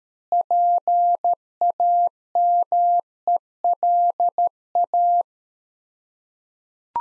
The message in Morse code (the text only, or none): PAMELA